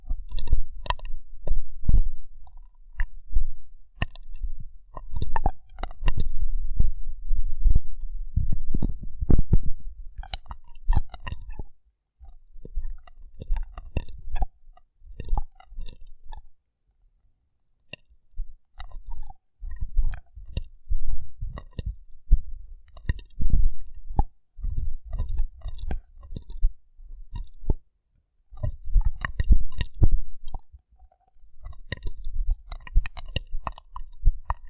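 Rough brain cleaning and picking: wet, squelching scrapes and sharp little clicks arrive in dense, irregular bursts. Low, thick rumbling swells under the busiest stretches, especially around nine seconds. Brief silent gaps break the activity near twelve, seventeen and twenty-eight seconds.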